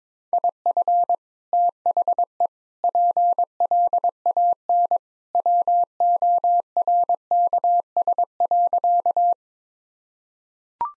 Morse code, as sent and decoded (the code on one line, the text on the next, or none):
.. ..-. / - .... . / .--. .-.. .- -. / .-- --- .-. -.- ... .-.-.-
IF THE PLAN WORKS.